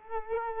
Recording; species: mosquito wingbeat signal from an infrared sensor; Culex quinquefasciatus